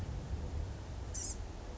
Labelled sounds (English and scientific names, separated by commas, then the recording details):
Blue-gray Gnatcatcher (Polioptila caerulea)
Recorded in Sonoma County, California